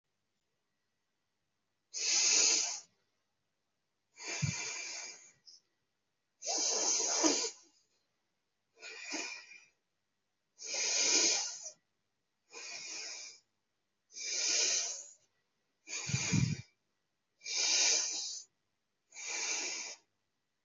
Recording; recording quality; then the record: deep breathing; excellent, no background noise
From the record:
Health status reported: healthy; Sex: female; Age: 30 years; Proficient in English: yes